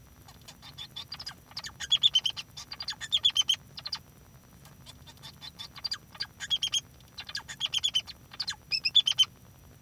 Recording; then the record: song of a male Bengalese finch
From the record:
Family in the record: son of father 2